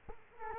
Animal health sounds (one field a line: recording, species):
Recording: mosquito wingbeat signal from an infrared sensor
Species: Culex quinquefasciatus